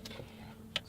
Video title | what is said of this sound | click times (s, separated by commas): Viknav for Chevrolet Camaro 2010-2015-Installation : 12 inch 2K Touch-Screen Car Radio | and this should land in place once it gets down there and it should click in just like that | 0.8 s